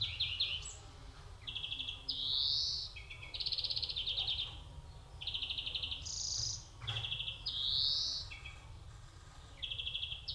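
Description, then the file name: European greenfinch singing a varied sequence of fast twittering trills and drawn-out nasal rising wheezes, delivered almost continuously against faint background rumble. "Chloris chloris"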